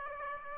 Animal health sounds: mosquito wingbeat signal from an infrared sensor; Aedes aegypti

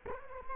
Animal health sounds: mosquito wingbeat signal from an infrared sensor; Culex quinquefasciatus

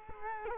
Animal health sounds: mosquito wingbeat signal from an infrared sensor; Culex quinquefasciatus

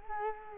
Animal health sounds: mosquito wingbeat signal from an infrared sensor; Culex quinquefasciatus

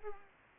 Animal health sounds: mosquito wingbeat signal from an infrared sensor; Culex pipiens

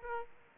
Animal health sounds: mosquito wingbeat signal from an infrared sensor; Aedes aegypti

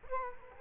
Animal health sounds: mosquito wingbeat signal from an infrared sensor; Culex quinquefasciatus

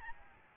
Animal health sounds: mosquito wingbeat signal from an infrared sensor; Aedes albopictus

